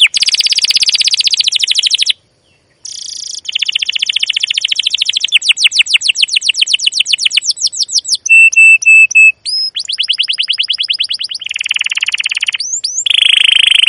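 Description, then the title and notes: Canary singing continuous buzzy trills and fast chirp series, broken by a short pause, with a run of steady flat whistled notes later on. Canary song used as a lure (pancingan, masteran) to train young canaries to sing; described as gacor, long, emotional 'cuit cuit ngerol' chirping. "CUIT CUIT NGEROL LANGSUNG GACOR PANJANG Kenari Ini AMPUH Utk Pancingan KENAR. PANCINGAN Kenari GACOR PANJANG Cuit CUIT EMOSI ini AMPUH utk MASTERAN Kenari PAUD belajar BUNYI. burung kenari"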